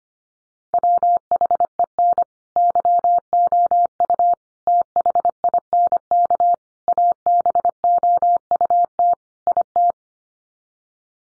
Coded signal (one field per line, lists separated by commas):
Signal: Morse code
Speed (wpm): 25 wpm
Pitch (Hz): 700 Hz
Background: none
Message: WHEN YOU THINK ABOUT IT